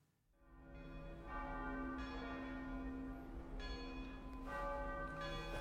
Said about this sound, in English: Listen to the decay of the bells. They call it the decay, the diminishing of the sound after you've struck an instrument.